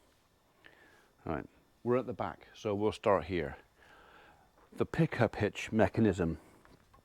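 A man talks near the pickup hitch hook latch at the rear of a Massey Ferguson 5S 145 tractor, with a few faint ticks in the quiet gaps. The metal latch has not clicked or locked yet by the end of the clip.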